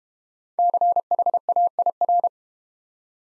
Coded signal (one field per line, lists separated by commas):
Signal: Morse code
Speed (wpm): 32 wpm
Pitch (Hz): 700 Hz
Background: none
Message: CHAIR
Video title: Easy Words - Speed-Racing with Hints - 25wpm